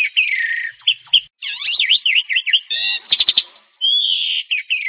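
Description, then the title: Oriental magpie-robin song, a rich run of varied whistles, slurred rising and falling notes and quick rattling trills with short pauses between phrases. "Kacer"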